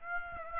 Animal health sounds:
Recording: mosquito wingbeat signal from an infrared sensor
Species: Aedes aegypti

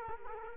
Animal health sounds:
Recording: mosquito wingbeat signal from an infrared sensor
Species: Culex quinquefasciatus

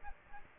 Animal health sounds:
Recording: mosquito wingbeat signal from an infrared sensor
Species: Aedes aegypti

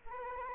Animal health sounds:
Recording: mosquito wingbeat signal from an infrared sensor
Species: Aedes albopictus

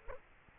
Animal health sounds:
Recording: mosquito wingbeat signal from an infrared sensor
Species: Culex quinquefasciatus

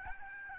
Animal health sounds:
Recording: mosquito wingbeat signal from an infrared sensor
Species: Aedes albopictus

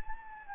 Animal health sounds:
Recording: mosquito wingbeat signal from an infrared sensor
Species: Anopheles gambiae

